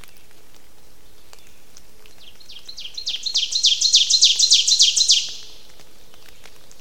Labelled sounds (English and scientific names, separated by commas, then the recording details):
Ovenbird (Seiurus aurocapilla) song
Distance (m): 10 m
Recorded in boreal forest in Alberta, Canada, on 29 May 2016 at 06:00
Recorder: SongMeter 3, array SBT-3-49
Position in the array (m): 70 m, 254 m
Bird 14